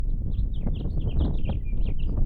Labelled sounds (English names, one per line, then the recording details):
House Finch song
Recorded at Point Lookout on Long Island, New York, on 2 June 1975
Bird B